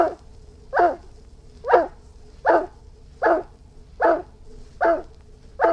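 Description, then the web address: Irish Wolfhound delivering eight heavy, regular barks less than a second apart, each deep and rough, over a constant low background hum. "Irish Wolfhound barking"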